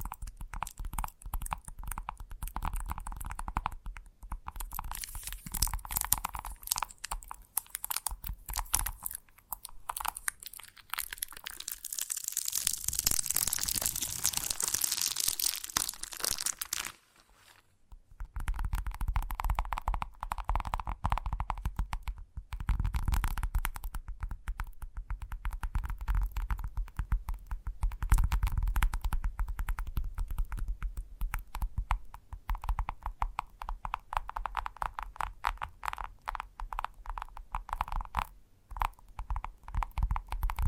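Soft, dense tapping and crinkling continues, with quick irregular clicks over a low hum. Around twelve to sixteen seconds a brighter crunching, rustling passage swells, then a brief silence near seventeen seconds before the tapping resumes.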